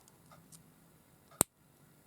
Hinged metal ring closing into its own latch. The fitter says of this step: like a real sound click very